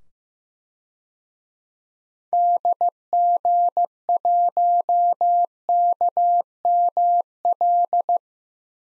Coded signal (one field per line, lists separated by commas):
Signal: Morse code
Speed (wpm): 15 wpm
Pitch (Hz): 700 Hz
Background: none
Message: DG1KML